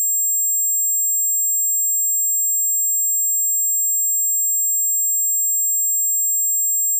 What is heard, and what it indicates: Loopable Tinnitus.